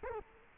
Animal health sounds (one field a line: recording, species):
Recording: mosquito wingbeat signal from an infrared sensor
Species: Culex quinquefasciatus